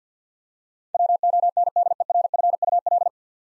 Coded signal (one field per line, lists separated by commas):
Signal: Morse code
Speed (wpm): 50 wpm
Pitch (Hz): 700 Hz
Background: none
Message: WONDERFUL